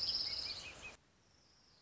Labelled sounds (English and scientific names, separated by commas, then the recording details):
Orange-crowned Warbler (Leiothlypis celata)
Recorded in Sonoma County, California